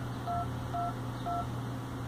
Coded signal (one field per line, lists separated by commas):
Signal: DTMF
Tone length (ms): 150 ms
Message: 222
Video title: #Hyundai #HB20 Sincronização e Pareamento da conexão #Bluetooth no Radio Original e funcionamento